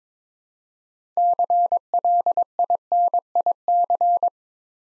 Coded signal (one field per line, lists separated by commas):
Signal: Morse code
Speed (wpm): 22 wpm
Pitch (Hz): 700 Hz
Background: none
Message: CLINIC